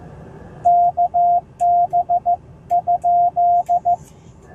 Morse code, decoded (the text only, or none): KB?